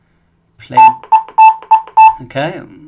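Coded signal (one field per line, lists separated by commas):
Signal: none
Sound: a radio's power-on tune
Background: speech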